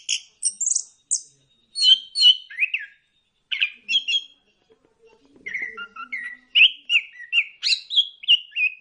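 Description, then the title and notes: Bird song of separate chirped phrases, some sharp and high, others lower warbled whistles, ending in a run of chirps. Bird chirping song meant for training pet birds. "Suara Burung. Suara Kicauan Burung untuk memaster burung kesayangan"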